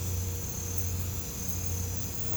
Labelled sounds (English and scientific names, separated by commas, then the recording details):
none
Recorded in pastures near Puerto Asís, Putumayo, Colombia, on 20 December 2024 at 03:30
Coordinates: 0.505, -76.324
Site G063